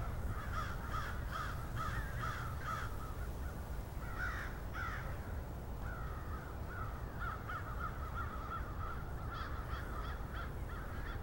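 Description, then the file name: Crows giving repeated raucous caws in loose bursts across the whole stretch, several birds overlapping, against steady low-pitched background noise. "multi-cinci crows"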